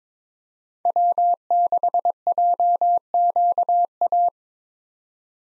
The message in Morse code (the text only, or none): W6JQA